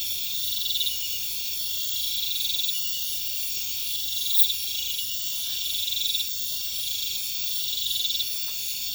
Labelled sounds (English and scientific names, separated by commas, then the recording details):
none
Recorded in pastures near Puerto Asís, Putumayo, Colombia, on 26 December 2024 at 22:00
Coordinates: 0.472, -76.329
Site G072